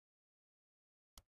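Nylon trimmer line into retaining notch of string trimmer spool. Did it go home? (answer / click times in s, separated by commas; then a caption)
yes / 1.2 s. Nylon trimmer line is hooked into the small retaining notch on the underside of the plastic spool of a Husqvarna string trimmer so it won't unwind. After near silence, a single short, sharp click sounds at 1.2 s and fades quickly. The line is seated in the notch.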